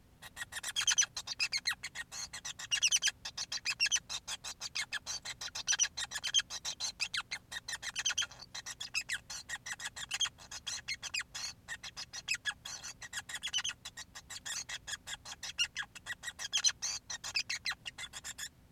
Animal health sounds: song of a male Bengalese finch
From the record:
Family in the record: son of father 5

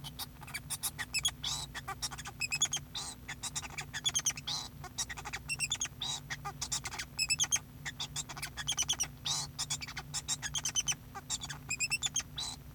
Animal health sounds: song of a male Bengalese finch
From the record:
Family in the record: son of father 2

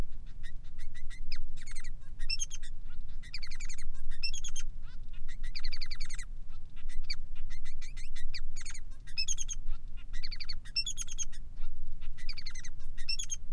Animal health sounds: song of a male Bengalese finch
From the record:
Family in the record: son of father 3

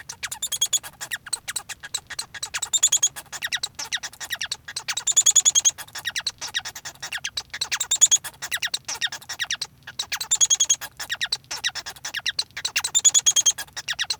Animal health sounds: song of a male Bengalese finch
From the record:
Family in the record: son of father 1

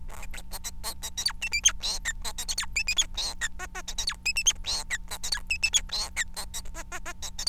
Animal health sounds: song of a male Bengalese finch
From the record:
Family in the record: son of father 4

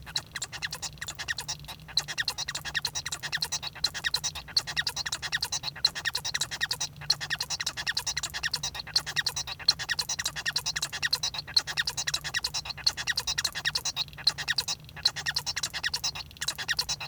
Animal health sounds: song of a male Bengalese finch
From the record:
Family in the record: son of father 1

